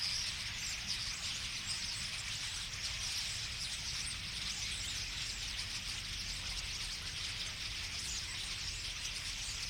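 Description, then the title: Common starlings in a flock give constant overlapping squeaks and whistles, a steady high chorus with faint low road noise underneath. Flock singing in a tree at Boldixumstieg, Nieblum, Germany; cars in background; Zoom H3-VR ambisonic recorder, binaural stereo rendering, edited in Audacity. "Boldixumstieg, 25938 Nieblum, Deutschland - Ein Vogelschwarm Stare. A flock of birds starlings"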